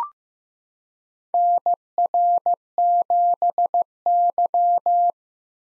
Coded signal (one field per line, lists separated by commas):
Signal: Morse code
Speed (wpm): 15 wpm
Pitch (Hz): 700 Hz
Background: none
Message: NR7Y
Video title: 2023 SOTA Chaser Call Signs - 15wpm